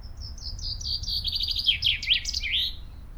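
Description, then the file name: Common chaffinch song: a bright series of trilled notes descending in pitch and ending in a quick flourish, over a low background rumble. "Fringilla coelebs"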